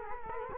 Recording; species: mosquito wingbeat signal from an infrared sensor; Culex quinquefasciatus